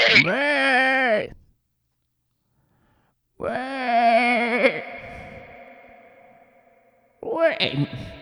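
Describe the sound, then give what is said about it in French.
A human voice mimics a sheep, letting out three wavering, nasal bleats with pauses between. The second trails off into a long fading tail, and the last is cut short. “La voix d'une brebis qui chique son herbe.”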